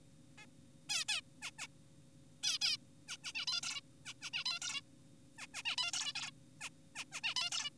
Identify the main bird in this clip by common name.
Zebra Finch